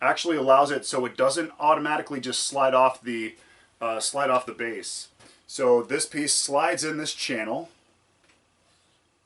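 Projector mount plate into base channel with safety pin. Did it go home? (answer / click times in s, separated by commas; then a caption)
no / none. A projector mount plate is slid along the channel in its base toward a small safety pin that keeps it from sliding off, while someone talks throughout. The plate has not yet seated or clicked, and the sound fades to near silence after about 7.7 seconds.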